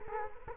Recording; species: mosquito wingbeat signal from an infrared sensor; Culex quinquefasciatus